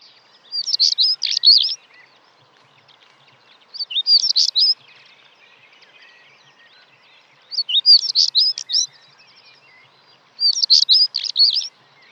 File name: svarthakad buskskvatta